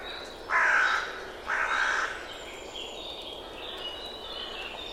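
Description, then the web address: Bird calling twice, about a second apart, each a rough, grating caw-like note. "Deverinetal 2025 File origin Bird Only"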